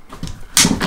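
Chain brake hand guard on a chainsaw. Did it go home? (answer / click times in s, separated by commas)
yes / 0.6 s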